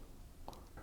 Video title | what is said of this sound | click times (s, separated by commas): Siemens Dishwasher Showing E06 or E6? Here's What to Do! | and then push it down on the left hand side and you should hear a click. | 0.5 s